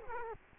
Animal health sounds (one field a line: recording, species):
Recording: mosquito wingbeat signal from an infrared sensor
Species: Culex quinquefasciatus